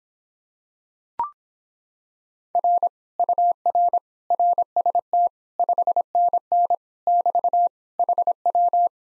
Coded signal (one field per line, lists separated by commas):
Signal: Morse code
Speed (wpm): 26 wpm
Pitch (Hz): 700 Hz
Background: none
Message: R UR RST 5NN <BT> HW